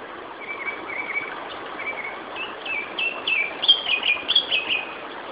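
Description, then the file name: Japanese thrush song: a few soft whistles at first, then louder, bright, varied whistled phrases with quick slurred notes building toward the end, over constant hiss. "Turdus cardis"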